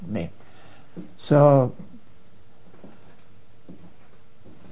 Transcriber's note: none